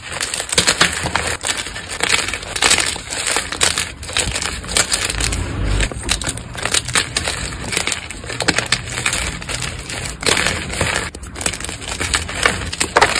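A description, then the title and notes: Powder crunching, with dense crackly grinding that runs almost without a break for the whole thirteen seconds. The crunches come in quick, irregular bursts with bright grainy detail, and a low dull thump rises briefly around the six-second mark. Powder Crunch.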